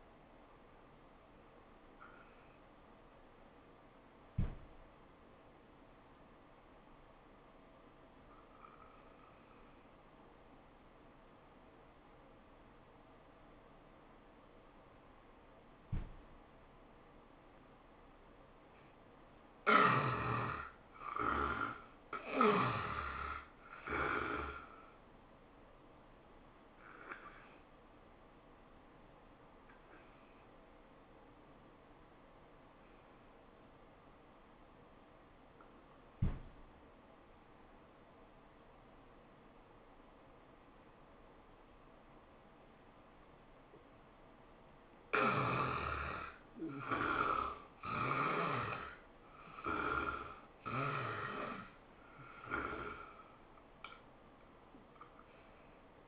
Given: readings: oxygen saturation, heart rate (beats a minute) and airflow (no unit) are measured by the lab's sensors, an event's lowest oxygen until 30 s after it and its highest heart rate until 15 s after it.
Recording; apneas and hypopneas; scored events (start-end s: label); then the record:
breathing in sleep by a voice recorder at the bedside; 2
4.00-21.40 s: obstructive apnea (N1, oxygen 95% highest, then 81% lowest, heart rate 86 at the start, 94 highest)
30.00-43.70 s: obstructive apnea (N1, oxygen 94% highest, then 79% lowest, heart rate 89 at the start, 99 highest)
54.00-56.08 s: new sleep stage, awake
From the record:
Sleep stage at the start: N1 (lightest sleep); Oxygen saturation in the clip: 79 to 95%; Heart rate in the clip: 82 to 99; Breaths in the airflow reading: 8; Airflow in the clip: -16.4 to 12.8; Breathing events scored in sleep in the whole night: 403 in 5.5 hours asleep